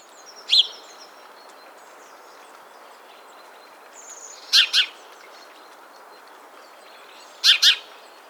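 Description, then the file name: House sparrow calls: a single sharp chirp, then two paired chirps a few seconds apart, over a soft steady background hiss. "Passer domesticus"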